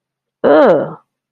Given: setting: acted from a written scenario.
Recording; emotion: vocal sound without words; disgust